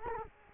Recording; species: mosquito wingbeat signal from an infrared sensor; Culex quinquefasciatus